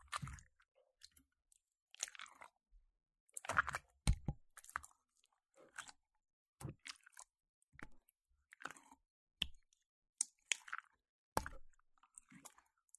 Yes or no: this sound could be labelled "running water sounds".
no